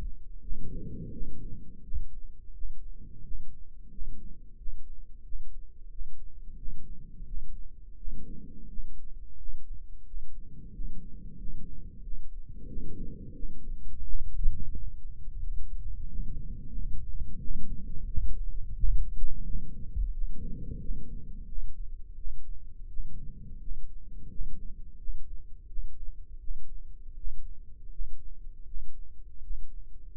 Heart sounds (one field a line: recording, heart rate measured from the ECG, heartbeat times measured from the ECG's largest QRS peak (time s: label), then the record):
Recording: heart sounds by microphone in the right ear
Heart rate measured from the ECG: 87 bpm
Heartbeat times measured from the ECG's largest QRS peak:
0.40 s: heartbeat
1.10 s: heartbeat
1.82 s: heartbeat
2.53 s: heartbeat
3.22 s: heartbeat
3.89 s: heartbeat
4.56 s: heartbeat
5.23 s: heartbeat
5.89 s: heartbeat
6.56 s: heartbeat
7.25 s: heartbeat
7.95 s: heartbeat
8.67 s: heartbeat
9.37 s: heartbeat
10.04 s: heartbeat
10.72 s: heartbeat
11.37 s: heartbeat
12.01 s: heartbeat
12.66 s: heartbeat
13.32 s: heartbeat
14.03 s: heartbeat
14.71 s: heartbeat
15.39 s: heartbeat
16.07 s: heartbeat
16.73 s: heartbeat
17.38 s: heartbeat
18.06 s: heartbeat
18.74 s: heartbeat
19.43 s: heartbeat
20.11 s: heartbeat
20.78 s: heartbeat
21.45 s: heartbeat
22.15 s: heartbeat
22.87 s: heartbeat
23.59 s: heartbeat
24.28 s: heartbeat
24.97 s: heartbeat
25.66 s: heartbeat
26.38 s: heartbeat
27.15 s: heartbeat
27.89 s: heartbeat
28.64 s: heartbeat
29.39 s: heartbeat
30.16 s: heartbeat
From the record:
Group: healthy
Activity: rest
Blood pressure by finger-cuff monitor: 114/61 mmHg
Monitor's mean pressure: 78 mmHg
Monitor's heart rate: 87 bpm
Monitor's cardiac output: 9.4 L/min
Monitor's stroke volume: 109 mL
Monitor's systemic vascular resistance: 610 dyn s/cm5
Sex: male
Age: 24 years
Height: 184 cm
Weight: 89 kg